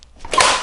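A partly locked eFoldi Lite folding travel scooter frame is pushed in until its metal frame lock snaps into place. A faint tick and a soft knock lead into a loud, sharp snap at 0.3 s that rings briefly and fades. The frame lock is seated.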